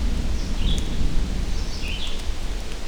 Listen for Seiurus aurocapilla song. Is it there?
no